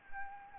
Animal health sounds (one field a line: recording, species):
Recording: mosquito wingbeat signal from an infrared sensor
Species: Anopheles gambiae